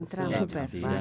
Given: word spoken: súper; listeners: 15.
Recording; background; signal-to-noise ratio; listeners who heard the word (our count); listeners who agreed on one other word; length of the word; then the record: one Spanish word in noise, from a listening test; four-talker babble; -2.7 dB; 1 of 15; 6 of 15; 0.62 s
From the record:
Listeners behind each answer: 6, 2, 2, 1, 1, 1, 1, 1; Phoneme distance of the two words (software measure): 63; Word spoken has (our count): 2 syllables, 5 phonemes, stress on syllable 1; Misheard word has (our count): 3 syllables, 8 phonemes, stress on syllable 2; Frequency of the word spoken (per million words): 3.76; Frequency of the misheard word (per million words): 8.04